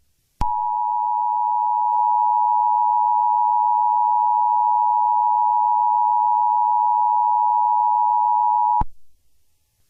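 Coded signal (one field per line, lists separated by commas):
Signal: Emergency Alert System (SAME) tones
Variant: 853 and 960 Hz attention tone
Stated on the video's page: EAS broadcast aired on a network during an episode of a skit show.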